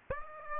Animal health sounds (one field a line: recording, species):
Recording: mosquito wingbeat signal from an infrared sensor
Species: Aedes aegypti